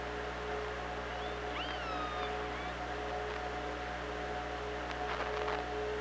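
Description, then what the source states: Killer whale pulsed calls, several sweeping, harmonic squeals early on, followed by clicks, under a steady low hum. OrcaLab hydrophone, 24 August 2017, 16:30.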